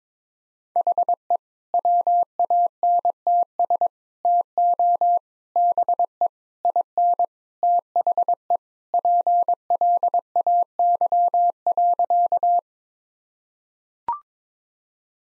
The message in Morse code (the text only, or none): HE WANTS TO BE IN THE PLAY.